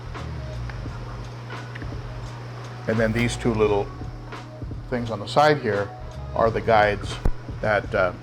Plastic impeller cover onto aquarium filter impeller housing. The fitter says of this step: very simple just snaps into place